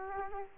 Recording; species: mosquito wingbeat signal from an infrared sensor; Culex quinquefasciatus